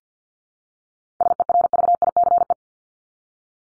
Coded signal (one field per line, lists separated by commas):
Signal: Morse code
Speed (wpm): 48 wpm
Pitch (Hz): 700 Hz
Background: none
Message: SERVICE